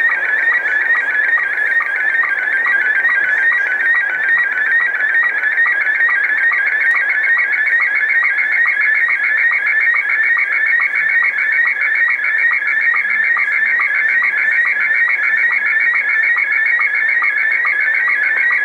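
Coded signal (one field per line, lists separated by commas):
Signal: SSTV (slow-scan television)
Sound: continuous warbling tones with rapid regular ticking sync pulses, steady over the whole clip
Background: radio static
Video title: Wolverine radio pirate shortwave strong 6940 khz with SSTV image decode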